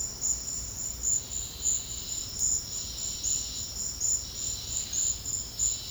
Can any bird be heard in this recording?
no